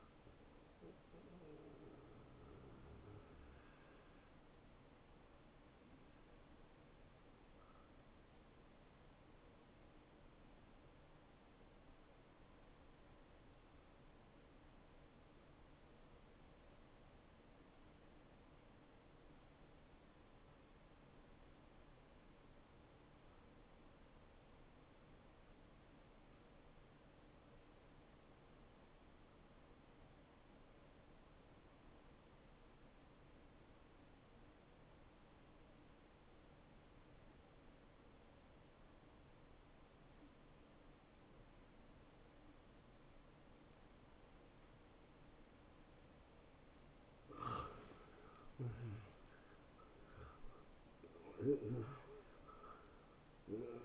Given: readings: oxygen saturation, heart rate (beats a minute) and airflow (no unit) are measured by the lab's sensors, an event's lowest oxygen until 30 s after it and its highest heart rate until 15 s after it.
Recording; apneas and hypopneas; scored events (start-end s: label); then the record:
breathing in sleep by a voice recorder at the bedside; 1
8.00-47.70 s: hypopnea (N1, oxygen 96% highest, then 86% lowest)
27.00-53.85 s: new sleep stage, N2 (light sleep)
From the record:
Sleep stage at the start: N1 (lightest sleep); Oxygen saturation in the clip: 83 to 96%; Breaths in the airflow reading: 9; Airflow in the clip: -12.3 to 13.6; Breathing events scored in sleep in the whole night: 263 in 5.5 hours asleep